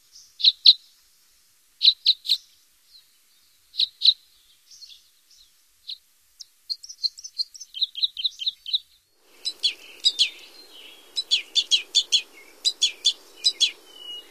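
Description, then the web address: Red crossbill giving sharp, doubled kip-kip calls in spaced pairs, then a quicker run of clipped notes, ending with rapid repeated calls over faint background noise. "Songs of Birds of North America Stokes. Red Crossbill"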